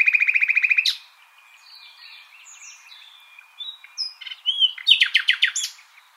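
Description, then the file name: Common nightingale song: a rapid run of repeated notes, then varied whistles, trills and short sharp phrases. "Luscinia megarhynchos"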